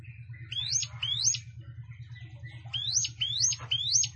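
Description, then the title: Plain prinia song: bright rising slurred notes repeated in quick pairs and triplets over a steady low electrical hum. "Ciblek Sawah"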